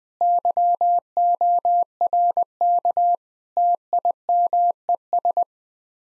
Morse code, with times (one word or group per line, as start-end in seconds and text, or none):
0.2-3.1 YORK
3.6-5.4 TIMES